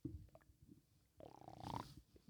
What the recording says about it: And when I breathe, like expand my lungs, that's when you get growl. The mic was right up on it. It sounds like it's growling. It just sounds like it's tummy growl.